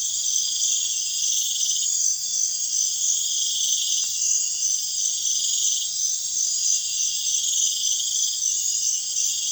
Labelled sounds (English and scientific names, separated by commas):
none